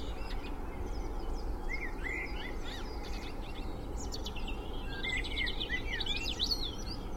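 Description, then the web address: Several birds singing together, with whistled slurred phrases and high twittering notes overlapping throughout, over a steady low rumble of traffic. Spring dawn chorus recorded in Cheshire, UK, with distant traffic noise in the background. "beanstalk-audio Spring dawn chorus with distant traffic noise Cheshire UK"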